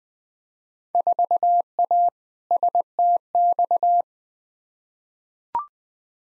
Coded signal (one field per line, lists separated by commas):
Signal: Morse code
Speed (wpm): 20 wpm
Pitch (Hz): 700 Hz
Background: none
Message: 4A STX